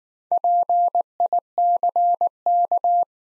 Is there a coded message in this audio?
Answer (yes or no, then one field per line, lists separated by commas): yes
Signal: Morse code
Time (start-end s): 0.3-3.0 s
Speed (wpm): 19 wpm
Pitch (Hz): 700 Hz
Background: none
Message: PICK